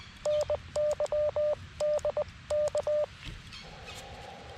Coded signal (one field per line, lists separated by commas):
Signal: Morse code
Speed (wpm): 20 wpm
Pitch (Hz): 600 Hz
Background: radio noise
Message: NY DK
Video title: Operator Error: K2EJT POTA at K-2023 Buttermilk Falls State Park